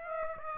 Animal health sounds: mosquito wingbeat signal from an infrared sensor; Aedes aegypti

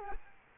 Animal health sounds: mosquito wingbeat signal from an infrared sensor; Culex quinquefasciatus

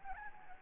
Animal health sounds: mosquito wingbeat signal from an infrared sensor; Anopheles gambiae

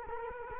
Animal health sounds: mosquito wingbeat signal from an infrared sensor; Culex quinquefasciatus

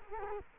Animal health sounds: mosquito wingbeat signal from an infrared sensor; Culex quinquefasciatus

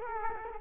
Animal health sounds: mosquito wingbeat signal from an infrared sensor; Culex quinquefasciatus

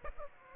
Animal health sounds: mosquito wingbeat signal from an infrared sensor; Aedes aegypti

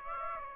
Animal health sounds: mosquito wingbeat signal from an infrared sensor; Aedes aegypti

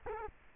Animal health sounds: mosquito wingbeat signal from an infrared sensor; Culex quinquefasciatus

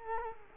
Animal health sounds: mosquito wingbeat signal from an infrared sensor; Culex quinquefasciatus

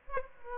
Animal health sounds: mosquito wingbeat signal from an infrared sensor; Aedes aegypti

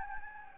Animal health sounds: mosquito wingbeat signal from an infrared sensor; Anopheles gambiae

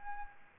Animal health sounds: mosquito wingbeat signal from an infrared sensor; Aedes albopictus

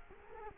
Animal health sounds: mosquito wingbeat signal from an infrared sensor; Culex quinquefasciatus

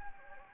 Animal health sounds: mosquito wingbeat signal from an infrared sensor; Anopheles gambiae

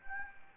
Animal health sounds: mosquito wingbeat signal from an infrared sensor; Anopheles gambiae

